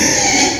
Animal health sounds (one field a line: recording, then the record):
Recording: squeal of a Yucatan mini pig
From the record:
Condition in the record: before surgery on the right vocal fold (resection and tissue-engineered implant)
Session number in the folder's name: 2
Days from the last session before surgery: 0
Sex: male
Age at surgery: 12 weeks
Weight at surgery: 13 kg